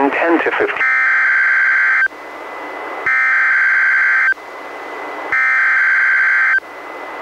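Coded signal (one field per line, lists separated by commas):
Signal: Emergency Alert System (SAME) tones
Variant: header bursts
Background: speech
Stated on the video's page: NOAA Weather Radio relay of Special Marine Warnings and a Tornado Warning, recorded directly from a Reecom R-1630 weather radio through a Zoom H1, including its warning alarm tone.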